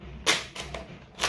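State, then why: Seated. A hand grip accessory is slid into the rail of a plastic electric water gun, pushed to the wanted position and released so it locks in place. A broadband burst near 0.3 s is followed by short sharp clicks at 0.8 s and 1.2 s as the grip locks onto the rail.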